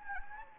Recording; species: mosquito wingbeat signal from an infrared sensor; Anopheles gambiae